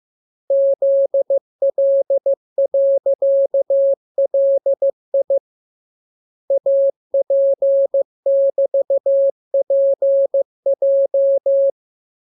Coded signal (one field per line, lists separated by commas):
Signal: Morse code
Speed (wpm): 15 wpm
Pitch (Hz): 550 Hz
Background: none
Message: ZL.LI AP<BT>PJ